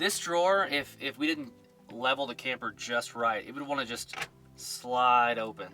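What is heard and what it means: Someone talks about a mechanical clasp on a camper drawer, fitted so the drawer won't slide open when the camper isn't level. The clasp is being handled, but nothing has seated or clicked yet.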